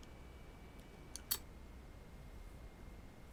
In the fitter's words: we have it snapped into place and what we'll do is we'll take